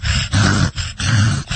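Reverse sneezing in a dog, imitated by an adult human: repeated harsh, snorting inhaled spasms, strongly low-pitched.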